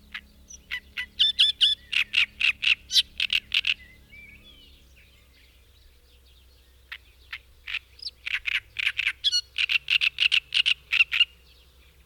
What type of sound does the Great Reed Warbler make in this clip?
song